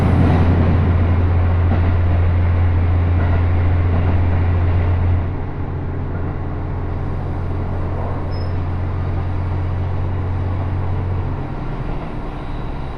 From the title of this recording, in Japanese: 高山本線普通 上呂→下油井